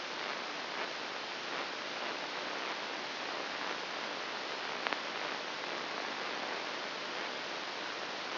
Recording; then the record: brain microelectrode recording played as sound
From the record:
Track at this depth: inside the subthalamic nucleus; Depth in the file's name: 2.804 mm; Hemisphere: right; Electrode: 2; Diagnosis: Parkinson's disease